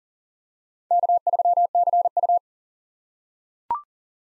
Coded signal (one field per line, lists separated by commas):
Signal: Morse code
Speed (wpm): 38 wpm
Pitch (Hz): 700 Hz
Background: none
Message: K3CU